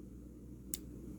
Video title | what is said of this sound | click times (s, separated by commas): Accurascale 16t mineral wagons - Not-so-quick reviews | should hear a click a slight click and there it is there's your coupling in place | 0.7 s